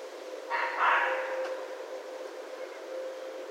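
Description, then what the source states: Red fox giving a harsh, hoarse two-part bark near the start, followed by steady low background hum. Recorded 16 January 2012.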